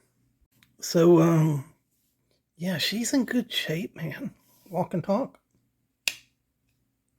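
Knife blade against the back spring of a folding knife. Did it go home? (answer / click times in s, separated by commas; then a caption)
yes / 6.1 s. Someone talks, then the steel blade of a vintage Case Buffalo slipjoint folding knife, a bit rusty but in good shape, is worked against its back spring. The blade snaps home with one sharp click at 6.1 s, seating firmly.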